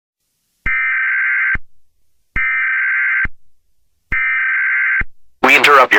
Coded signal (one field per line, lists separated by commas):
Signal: Emergency Alert System (SAME) tones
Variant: header bursts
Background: speech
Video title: EAS Scenario: The Rain of Shells